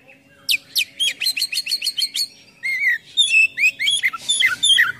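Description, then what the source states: Oriental magpie-robin song: an even run of sharp high notes followed by lower slurred whistles and a few rough chattering notes. Kacer in full 'gacor' song with 'full isian' imitations.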